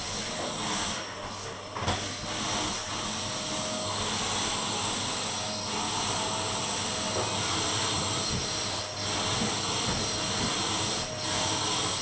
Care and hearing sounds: daily activity, microphone in the room; vacuum cleaning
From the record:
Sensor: 4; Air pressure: 1011.1 hPa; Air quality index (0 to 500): 150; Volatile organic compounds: 3 ppm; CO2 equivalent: 1532 ppm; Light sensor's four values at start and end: 84/224/93/98 and 73/196/82/85

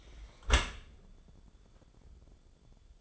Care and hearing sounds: daily activity, microphone in the room; close dishwasher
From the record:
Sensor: 5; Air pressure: 1015.1 hPa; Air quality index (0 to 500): 112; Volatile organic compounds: 2 ppm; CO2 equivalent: 1208 ppm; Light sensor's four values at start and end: 34/79/32/31 and 35/80/32/32

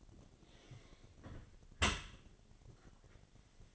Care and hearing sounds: daily activity, microphone in the room; close dishwasher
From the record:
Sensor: 4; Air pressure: 1007.6 hPa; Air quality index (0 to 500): 200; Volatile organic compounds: 7 ppm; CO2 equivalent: 1995 ppm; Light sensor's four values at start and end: 22/70/26/26 and 22/71/27/26

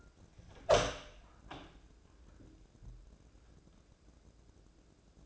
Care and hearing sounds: daily activity, microphone in the room; open door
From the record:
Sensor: 2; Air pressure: 1012.2 hPa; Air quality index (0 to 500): 163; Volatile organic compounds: 2 ppm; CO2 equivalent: 1188 ppm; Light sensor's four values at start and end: 352/877/356/371 and 352/877/356/371

